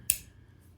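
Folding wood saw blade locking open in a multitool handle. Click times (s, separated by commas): 0.1 s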